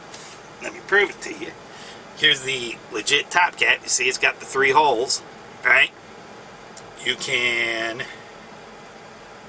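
Someone talks while handling the legit metal top cap with three holes, about to fit it onto a rebuildable dripping atomizer, over a steady low background hiss. The cap has not snapped into place yet; nothing has seated or clicked in this clip.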